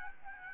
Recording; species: mosquito wingbeat signal from an infrared sensor; Aedes albopictus